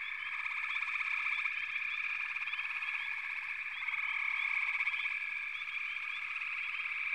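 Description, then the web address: Frog chorus, continuous overlapping trills with frequent short upward chirps across the whole stretch. "Natures Songs Nature Sounds The Natural Sounds of the Wilderness 10 CDs collection Echoes of Nature - Sampler 08 Frog Chorus"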